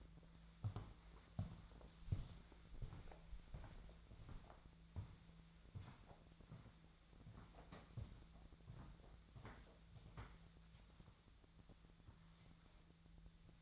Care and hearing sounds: daily activity, microphone in the room; walk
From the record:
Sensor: 3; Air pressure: 1008.3 hPa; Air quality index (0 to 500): 191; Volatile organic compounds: 14 ppm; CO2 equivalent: 2454 ppm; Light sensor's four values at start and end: 18/43/18/19 and 18/42/18/18

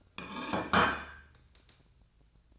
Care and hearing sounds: daily activity, microphone in the room; place plate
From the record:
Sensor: 2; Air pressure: 1009.2 hPa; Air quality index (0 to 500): 186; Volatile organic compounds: 11 ppm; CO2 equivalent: 2308 ppm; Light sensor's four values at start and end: 22/55/23/26 and 23/55/24/26

